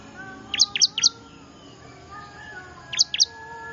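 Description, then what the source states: Prinia calls: a quick burst of three sharp, high, downslurred notes, then a pause and two more, over a soft background hiss. Lure call used to attract wild small birds; local name ciblek.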